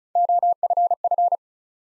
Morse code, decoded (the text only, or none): OFF